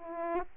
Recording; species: mosquito wingbeat signal from an infrared sensor; Aedes aegypti